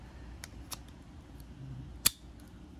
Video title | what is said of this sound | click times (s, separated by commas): ROCKBROS Bike Light 400 Lumens | there we go snapped in place and then you just | 2.1 s